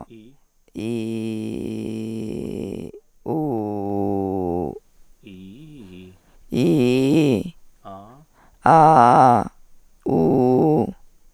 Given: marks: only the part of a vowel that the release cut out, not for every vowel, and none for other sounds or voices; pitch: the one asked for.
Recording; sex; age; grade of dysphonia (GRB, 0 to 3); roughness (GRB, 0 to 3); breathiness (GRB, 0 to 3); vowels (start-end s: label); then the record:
sustained vowels; female; 20 to 29 years; 3; 3; 1
0.83-2.80 s: vowel /i/, low pitch
3.35-4.64 s: vowel /u/, low pitch
6.56-7.36 s: vowel /i/, low-high-low pitch
8.72-9.38 s: vowel /a/, low-high-low pitch
10.11-10.81 s: vowel /u/, low-high-low pitch
From the record:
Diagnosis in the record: hyperfunctional dysphonia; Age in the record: 28 years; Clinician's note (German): Ausgeprägt (eventuell noch unterschwellige Laryngitis)